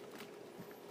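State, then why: Not seated. A spark plug wire boot is handled over its spark plug in a Subaru engine bay, with faint rustling and scraping over a steady low hum. Nothing has seated or clicked yet.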